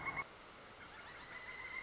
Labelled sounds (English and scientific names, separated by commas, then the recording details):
Pileated Woodpecker (Dryocopus pileatus)
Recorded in Sonoma County, California